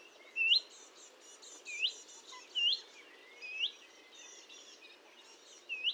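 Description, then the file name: Marsh warbler song: several bright upslurred whistles at irregular intervals over faint, continuous high twittering. Recorded at Fourneau, Fontaine-Française, France, on 1 June 2022 at 10:55, using a Nagra recorder with a Telinga dish. "Rousserolle verderolle 20220601 1055 Fontaine-Francaise-Fourneau-Nagra-Telinga"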